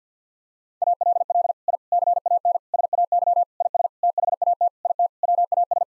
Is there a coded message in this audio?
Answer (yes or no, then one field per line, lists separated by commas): yes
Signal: Morse code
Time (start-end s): 0.8-5.8 s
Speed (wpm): 50 wpm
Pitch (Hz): 700 Hz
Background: none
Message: ALL I CAN SAY IS THAT IT WAS